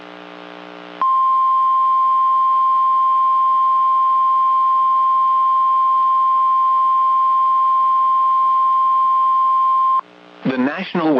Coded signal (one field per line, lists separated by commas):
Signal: Emergency Alert System (SAME) tones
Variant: 1050 Hz attention tone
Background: speech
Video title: EAS 2215-2228 (3/16/23)